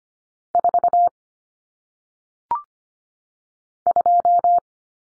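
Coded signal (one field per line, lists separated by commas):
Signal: Morse code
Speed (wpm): 25 wpm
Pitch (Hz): 700 Hz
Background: none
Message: 4 2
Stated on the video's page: Morse cut numbers for single digits at 25 wpm, T, A, N substituting for 0, 1, 9; head-copy drill with each number sent, spoken, then sent again.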